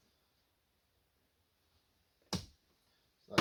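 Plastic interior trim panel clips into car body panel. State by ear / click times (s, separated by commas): seated / 2.3 s, 3.4 s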